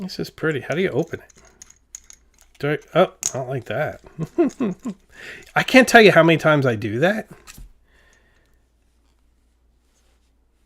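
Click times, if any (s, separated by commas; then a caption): none. Someone talks while handling a red fountain pen, working its cap toward the barrel, with a few brief faint ticks between about 1.6 and 2.4 s in a pause between phrases. The cap has not yet clicked or seated onto the barrel when the clip ends, leaving quiet for the last few seconds.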